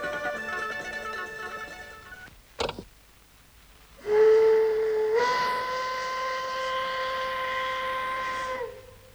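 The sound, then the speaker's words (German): A steam locomotive whistle, recorded in 1956, blows a long, loud, steady blast of several seconds, rich and reedy, after a quieter droning tone and a short sharp clank. “Dieser Dampflokpfiff wurde vor genau 30 Jahren, 1956, aufgenommen.”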